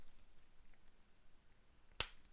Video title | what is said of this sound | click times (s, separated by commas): First Ever Star Wars Black Series Action Figures #UnboxingLive | There you go. You heard it click. | 2.0 s